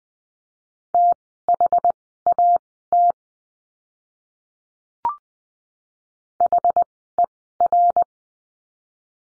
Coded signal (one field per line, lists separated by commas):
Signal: Morse code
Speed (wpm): 19 wpm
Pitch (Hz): 700 Hz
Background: none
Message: THAT HER